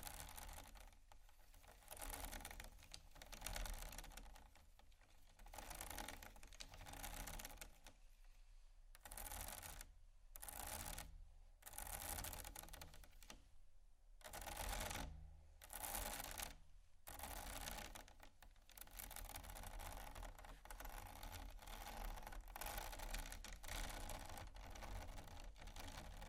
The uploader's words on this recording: ASMR Scratching Bumpy Items No Talking Rode Mics.